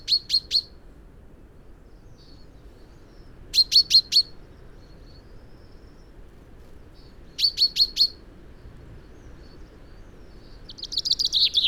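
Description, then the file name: Common chaffinch calls: short bursts of four sharp high notes, repeated roughly every three to four seconds, then a brief descending trill at the end over quiet background hiss. "Fringilla coelebs"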